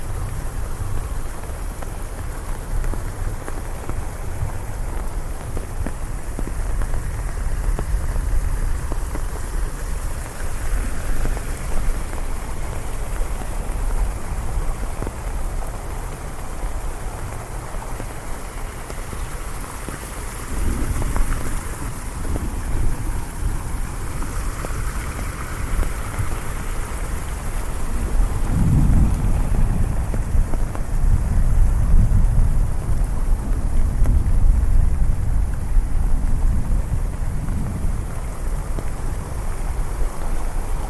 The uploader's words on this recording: Thunderstorm in the City Ambient ASMR. The rain is falling down heavily and the thunder is echoing in the background.